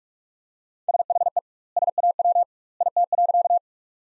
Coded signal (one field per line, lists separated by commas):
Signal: Morse code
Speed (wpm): 46 wpm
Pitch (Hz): 700 Hz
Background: none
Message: SHE SAW IT.